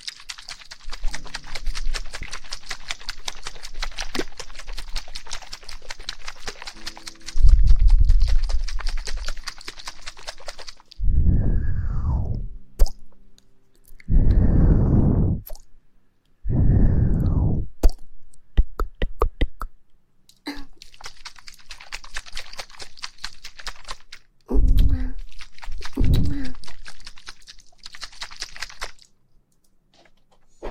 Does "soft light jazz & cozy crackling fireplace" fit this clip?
no